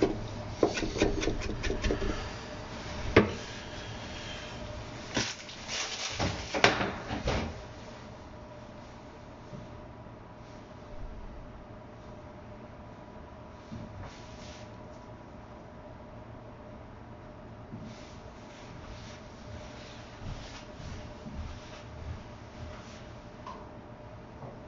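Kitchen sounds while mixing a sake-lees pickling bed: rubbing, scraping and knocking of utensils, busiest in the first seven seconds with sharp clacks near 3 and 6 seconds. Afterward the handling grows sparser and quieter over a steady low hum.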